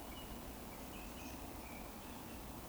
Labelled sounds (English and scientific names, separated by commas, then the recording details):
Eurasian Woodcock (Scolopax rusticola) whistle
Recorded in Baden-Württemberg, Germany, on 24 June 2020 at 19:45 UTC
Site 14569, 102 m above sea level